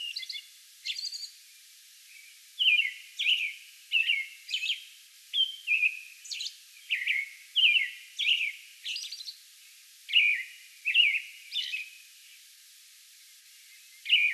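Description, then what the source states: American robin singing a rapid string of rich, slurred phrases and high thin notes, pausing briefly near the start and end. Song bout recorded on May 11.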